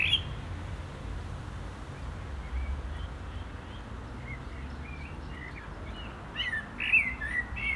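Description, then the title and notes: Common blackbird song: short warbled and whistled phrases, livelier near the end, over a steady low rumble of road traffic. Singing in a barranco at Agaete, Las Palmas, Spain, with cars on a nearby road; recorded with DPA-2006c microphones in AB position into a MixPre-3. "Agaete, Las Palmas, Espagne - Blackbird singing in the barranco. Blackbird, cars from the road nearby. Un merle chante dans le barranco, voitures sur la route pas loin"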